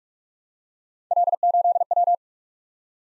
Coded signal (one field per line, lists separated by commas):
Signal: Morse code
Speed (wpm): 51 wpm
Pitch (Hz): 700 Hz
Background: none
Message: L8W